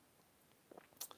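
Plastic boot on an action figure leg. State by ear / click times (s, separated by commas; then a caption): seated / 1.0 s. A plastic action figure boot is pushed over a leg fitted with three spaced O-rings and lightly twisted, with soft rubbing and squeaking sounds starting around 0.7 s. It locks in place with a sharp click at 1.0 s, followed by a small tick. It holds but still feels a little loose.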